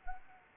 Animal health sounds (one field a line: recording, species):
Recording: mosquito wingbeat signal from an infrared sensor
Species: Anopheles arabiensis